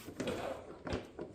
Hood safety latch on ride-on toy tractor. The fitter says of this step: close that is not latching that is way okay so this is where this thing sliding